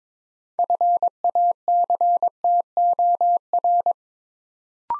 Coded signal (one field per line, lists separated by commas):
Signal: Morse code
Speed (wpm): 23 wpm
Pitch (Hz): 700 Hz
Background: none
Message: FACTOR